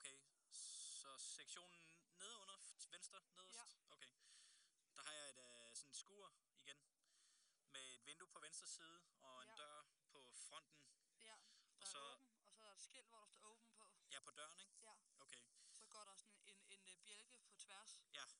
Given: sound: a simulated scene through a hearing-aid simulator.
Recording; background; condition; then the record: conversation; quiet; 65 dB SPL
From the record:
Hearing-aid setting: III (slow-acting compression, loudness normalization, advanced features for about 2.5 dB of SNR improvement); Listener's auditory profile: A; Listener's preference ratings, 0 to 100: 95, 67, 93